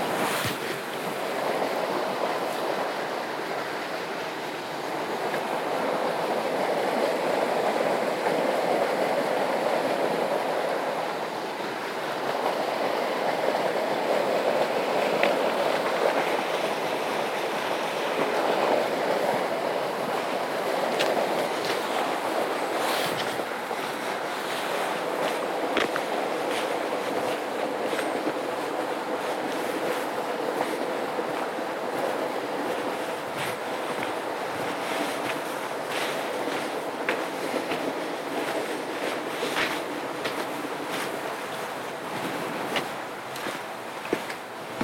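A pitch-black night hike on the Appleton Trail: a steady rushing rumble throughout, with crisp ticks and crunches growing frequent after twenty seconds.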